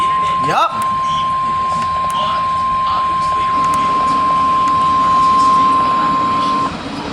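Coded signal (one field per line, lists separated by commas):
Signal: Emergency Alert System (SAME) tones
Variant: 1050 Hz attention tone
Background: speech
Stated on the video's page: Real alerts from a marginally tornadic severe weather day.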